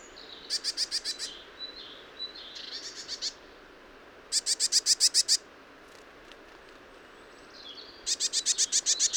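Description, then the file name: Eurasian blue tit calling in rapid bursts of high, clipped notes, with softer thin notes in between. "Cyanistes caeruleus"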